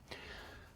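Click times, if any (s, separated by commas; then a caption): none. A folding Buerkles Cerakote Midi Knight knife, handmade in Indiana, USA, has its pocket clip swung at a pocket edge, fabric against the metal or Cerakote-coated clip. A short brushing scuff at about 0.1 s trails into a soft, fading rustle. The clip misses the pocket, so nothing has seated or clicked yet.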